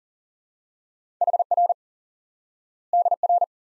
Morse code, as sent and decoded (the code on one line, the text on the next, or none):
.... .-. / -.. .-.
HR DR